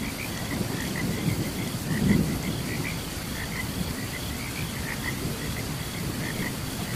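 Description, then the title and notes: Frogs: frog chirps repeat irregularly throughout over rain and a thunder rumble early on, with faint cricket trills. Frogs calling alongside crickets during a thunderstorm. "Frogs and Crickets Chirping During Thunderstorm. Sleep and Relaxation Podcast"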